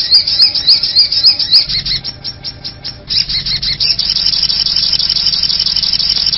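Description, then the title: Little spiderhunter calls: sharp high chirps repeated rapidly for under two seconds, then merging into a dense, continuous buzzy high chatter. Bird-luring recording, known locally as pikatan. "master pikatan burung sogok ontong"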